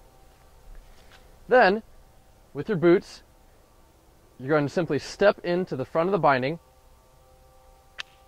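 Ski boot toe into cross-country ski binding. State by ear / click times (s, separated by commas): seated / 8.0 s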